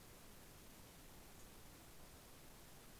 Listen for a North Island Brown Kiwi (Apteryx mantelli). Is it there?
no